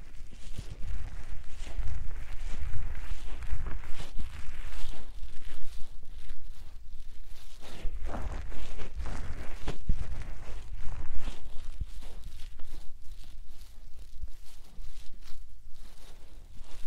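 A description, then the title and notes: Soft puffs of air come one after another across the whole stretch, each a breathy burst, some slightly sharper around the ten-second mark. A low rumble sits steadily underneath, and the puffs stay fairly even in loudness without a strict rhythm. 말없이 3가지의 퍼프로 귀를 토닥토닥 해드려요 puff sound.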